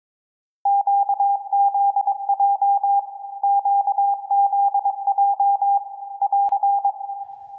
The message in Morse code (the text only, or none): QZJ QZJ <AR>